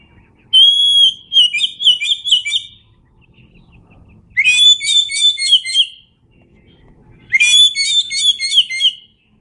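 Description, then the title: Oriental magpie-robin song in three bursts, each a strong whistle or upward sweep leading into rapid, scratchy and whistled notes, with quiet gaps between. Singing actively. "Kacer Gacor"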